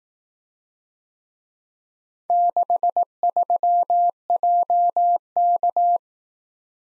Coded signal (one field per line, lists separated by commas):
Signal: Morse code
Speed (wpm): 18 wpm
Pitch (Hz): 700 Hz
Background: none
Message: 63JK